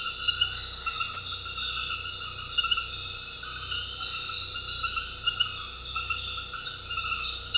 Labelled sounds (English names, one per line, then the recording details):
none
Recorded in dense forest near Puerto Asís, Putumayo, Colombia, on 19 February 2024 at 22:30
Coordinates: 0.484, -76.317
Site G6464